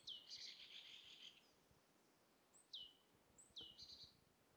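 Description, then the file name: Great tit churring: a thin downward-swooping whistle running into a long buzzy rattle, then two more such whistles, the last ending in a brief chatter, against a hissy background. "Parus major"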